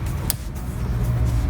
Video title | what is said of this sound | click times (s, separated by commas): Como reparar la ventanilla de un #bmw serie 3 e90 / How to repair the window of a Bmw 3 series e90 | we our connector and we hook it up again, you know , until it clicks, there we have it. | 0.3 s